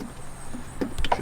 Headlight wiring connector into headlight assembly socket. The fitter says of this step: here nice click a tactile click